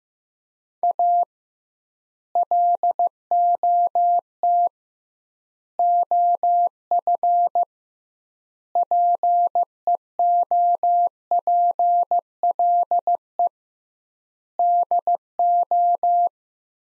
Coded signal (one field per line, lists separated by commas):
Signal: Morse code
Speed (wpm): 15 wpm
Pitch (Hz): 700 Hz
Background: none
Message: A LOT OF PEOPLE DO